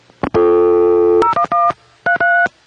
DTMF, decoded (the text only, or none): 011 33